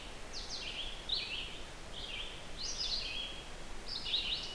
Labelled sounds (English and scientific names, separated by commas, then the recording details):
Red-eyed Vireo (Vireo olivaceus) song
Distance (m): 60 m
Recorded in boreal forest in Alberta, Canada, on 16 June 2016 at 08:33
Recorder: SongMeter 3, array SBT-3-32
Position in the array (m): 159 m, 115 m